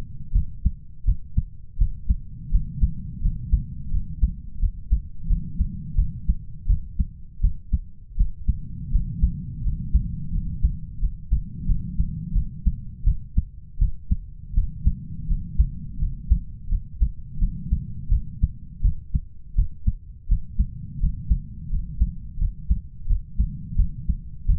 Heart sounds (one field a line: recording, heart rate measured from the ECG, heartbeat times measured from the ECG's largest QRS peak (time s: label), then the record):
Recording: heart sounds by stethoscope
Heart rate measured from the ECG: 85 bpm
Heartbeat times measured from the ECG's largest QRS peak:
0.32 s: heartbeat
1.05 s: heartbeat
1.78 s: heartbeat
2.51 s: heartbeat
3.21 s: heartbeat
3.91 s: heartbeat
4.59 s: heartbeat
5.27 s: heartbeat
5.95 s: heartbeat
6.67 s: heartbeat
7.41 s: heartbeat
8.16 s: heartbeat
8.91 s: heartbeat
9.63 s: heartbeat
10.32 s: heartbeat
10.99 s: heartbeat
11.66 s: heartbeat
12.33 s: heartbeat
13.04 s: heartbeat
13.78 s: heartbeat
14.54 s: heartbeat
15.27 s: heartbeat
15.98 s: heartbeat
16.68 s: heartbeat
17.38 s: heartbeat
18.09 s: heartbeat
18.81 s: heartbeat
19.55 s: heartbeat
20.28 s: heartbeat
20.99 s: heartbeat
21.70 s: heartbeat
22.38 s: heartbeat
23.07 s: heartbeat
23.76 s: heartbeat
24.46 s: heartbeat
From the record:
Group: healthy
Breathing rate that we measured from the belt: 10 breaths a minute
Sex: male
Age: 33 years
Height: 179 cm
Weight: 80.4 kg